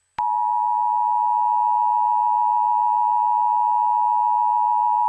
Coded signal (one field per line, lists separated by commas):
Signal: Emergency Alert System (SAME) tones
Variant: 853 and 960 Hz attention tone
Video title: EAS Scenario: Angels [The Complete Series] #eas #easscenario